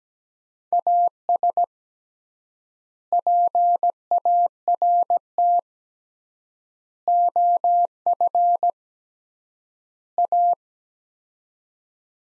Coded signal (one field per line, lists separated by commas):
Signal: Morse code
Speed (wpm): 17 wpm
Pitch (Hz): 700 Hz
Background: none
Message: AS PART OF A